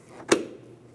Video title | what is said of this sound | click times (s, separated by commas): How to Replace Liftgate Lift Supports 2007-2014 Ford Edge | Audible click. | 0.3 s